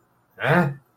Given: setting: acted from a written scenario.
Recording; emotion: vocal sound without words; confusion